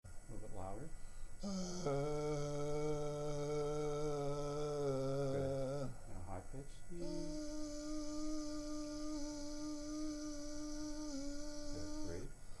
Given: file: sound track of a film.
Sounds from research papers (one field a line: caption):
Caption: Laryngeal videostroboscopy of the study participant with a right hemilaryngectomy during sustained phonation at a comfortable pitch and higher pitch.